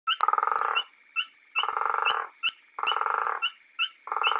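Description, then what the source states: Natal sand frog giving several short high chirps between loud, lower pulsed trills. Recorded together with a guttural toad.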